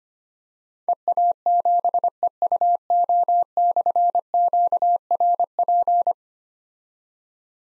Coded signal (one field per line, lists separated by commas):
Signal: Morse code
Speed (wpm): 25 wpm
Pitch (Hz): 700 Hz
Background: none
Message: EA7EUO/QRP